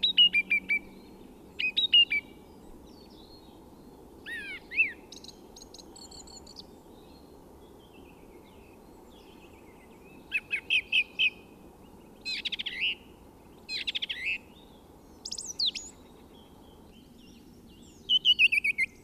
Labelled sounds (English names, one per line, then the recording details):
Song Thrush song
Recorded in the wild
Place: DE
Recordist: Tretzel, Erwin